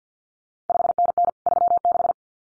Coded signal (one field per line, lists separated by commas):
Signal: Morse code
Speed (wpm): 50 wpm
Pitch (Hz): 700 Hz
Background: none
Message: 5NN 36